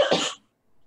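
A single short, harsh cough from an adult lasts about a third of a second, with an abrupt onset and a brief second push. Quiet follows, with faint room noise near the end. It is an ordinary isolated cough.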